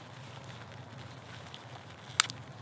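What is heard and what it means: A screw-on cap is twisted onto a wire splice connector holding 12-gauge wire with a small adapter, made to fit wire up to 16 gauge. Over a quiet low hum with faint soft ticks, the cap gives one sharp, loud click at 2.2 s, followed by a smaller tick just after. The cap is seated tight, and a light coming on confirms the connection is good.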